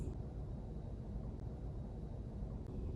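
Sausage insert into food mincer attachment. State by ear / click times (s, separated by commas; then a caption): not seated / none. The notches of a sausage insert are lined up against a FusionMaster food mincer attachment, using the screw ring, before the insert is pushed home. Only faint handling noise is heard over a steady low background rumble. Nothing has clicked or seated into place yet.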